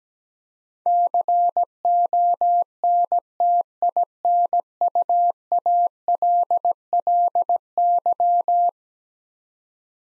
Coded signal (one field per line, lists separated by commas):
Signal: Morse code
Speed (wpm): 17 wpm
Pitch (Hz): 700 Hz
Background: none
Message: CONTINUALLY